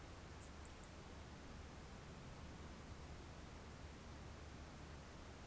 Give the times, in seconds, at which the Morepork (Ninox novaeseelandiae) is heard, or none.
none